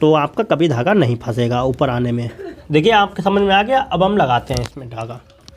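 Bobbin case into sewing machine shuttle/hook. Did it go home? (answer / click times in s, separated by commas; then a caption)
no / none. Someone talks throughout while handling a bobbin case for a sewing machine's shuttle/hook after rethreading it with a short thread tail, getting ready to insert it again. The clip ends just before the bobbin case goes in; nothing has seated or clicked yet.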